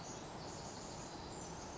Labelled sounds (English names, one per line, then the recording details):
Pacific Wren
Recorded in Sonoma County, California